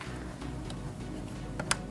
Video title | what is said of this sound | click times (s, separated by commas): HYUNDAI ELANTRA HIGH BEAM HEADLIGHT BULB REPLACEMENT 2011 2012 2013 2014 2015 2016 | now all you have to connect power wire pushing until it clicks | 1.7 s